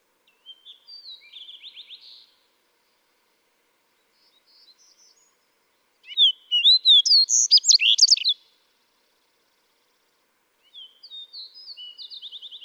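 Fox Sparrow song: a soft warbled phrase, then a loud rich burst of clear whistles and sweeping notes, another quieter trilled phrase near the end, with silent gaps between.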